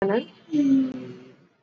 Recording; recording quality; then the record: sustained vowel as in beet; excellent, no background noise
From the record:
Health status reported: exposed to COVID-19, no respiratory illness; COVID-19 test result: not tested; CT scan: not taken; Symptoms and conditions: none ticked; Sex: male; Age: 30 years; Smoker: no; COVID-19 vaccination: both doses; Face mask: worn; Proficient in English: yes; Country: India